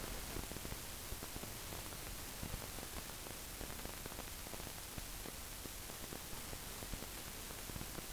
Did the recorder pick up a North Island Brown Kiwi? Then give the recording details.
no. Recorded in New Zealand on 24 November 2013. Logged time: 00:13. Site CF70